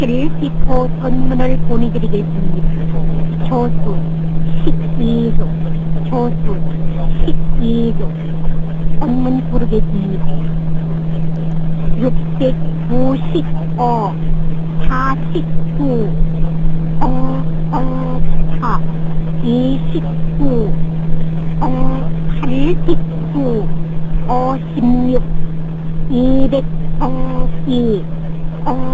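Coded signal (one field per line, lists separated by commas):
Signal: numbers station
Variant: North Korean, Korean language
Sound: a Korean voice announces a message and 12 groups, then reads numbers aloud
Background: steady hum, radio static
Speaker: 자, 북한 난수 암호 영상입니다. 소리는 좀 줄이시는 걸 추천드리고.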